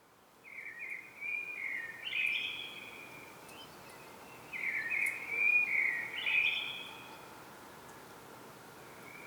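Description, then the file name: Common blackbird with two warbled whistling phrases, each a string of rich notes climbing to brief high squeaks. "Turdus merula"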